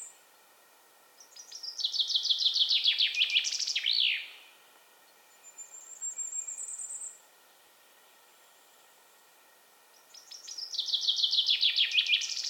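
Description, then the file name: Common chaffinch delivering two songs, each a rapid cascading trill, the first ending in a flourish and the second cut off at the end, separated by a thin, high sustained whistle. "Fringilla coelebs"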